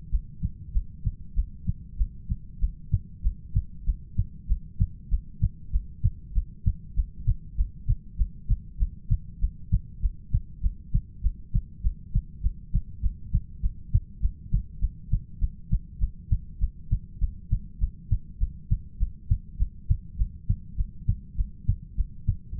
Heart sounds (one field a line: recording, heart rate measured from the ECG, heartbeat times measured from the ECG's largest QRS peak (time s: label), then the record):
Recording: heart sounds by stethoscope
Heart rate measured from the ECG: 99 bpm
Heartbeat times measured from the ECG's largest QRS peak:
0.09 s: heartbeat
0.72 s: heartbeat
1.34 s: heartbeat
1.96 s: heartbeat
2.59 s: heartbeat
3.21 s: heartbeat
3.84 s: heartbeat
4.46 s: heartbeat
5.08 s: heartbeat
5.70 s: heartbeat
6.32 s: heartbeat
6.94 s: heartbeat
7.55 s: heartbeat
8.16 s: heartbeat
8.77 s: heartbeat
9.39 s: heartbeat
10.00 s: heartbeat
10.60 s: heartbeat
11.21 s: heartbeat
11.81 s: heartbeat
12.41 s: heartbeat
13.00 s: heartbeat
13.60 s: heartbeat
14.19 s: heartbeat
14.79 s: heartbeat
15.38 s: heartbeat
15.98 s: heartbeat
16.58 s: heartbeat
17.18 s: heartbeat
17.78 s: heartbeat
18.38 s: heartbeat
18.97 s: heartbeat
19.57 s: heartbeat
20.16 s: heartbeat
20.75 s: heartbeat
21.35 s: heartbeat
21.95 s: heartbeat
22.55 s: heartbeat
From the record:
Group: heart failure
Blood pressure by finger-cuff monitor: 61/47 mmHg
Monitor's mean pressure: 51 mmHg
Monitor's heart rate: 100 bpm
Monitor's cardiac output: 6.7 L/min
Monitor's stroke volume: 68 mL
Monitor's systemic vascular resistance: 510 dyn s/cm5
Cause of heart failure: ischemic heart disease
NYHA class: 1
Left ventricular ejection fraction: 38%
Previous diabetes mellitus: present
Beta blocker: bisoprolol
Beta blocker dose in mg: 15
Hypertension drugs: sacubitril-valsartan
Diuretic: furosemide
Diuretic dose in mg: 20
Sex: male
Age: 33 years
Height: 172 cm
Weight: 78.5 kg